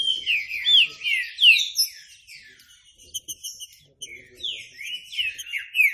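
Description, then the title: Green-winged saltator song: quick bursts of whistled, descending notes, a quieter stretch with high chirping, then loud slurred whistles again. Classic song style (canto clássico) used as a training recording. "Canto Clássico Trinca Ferro TREINAMENTO"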